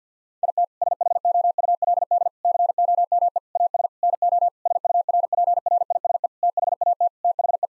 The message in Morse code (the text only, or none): IT SHOULD COME AS NO SURPRISE THAT THE